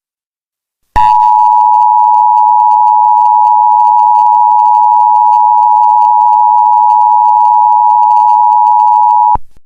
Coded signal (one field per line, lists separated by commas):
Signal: Emergency Alert System (SAME) tones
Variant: 853 and 960 Hz attention tone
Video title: An EAS Scenario Story: Of Icicles and Blood #EAS #EAS Scenario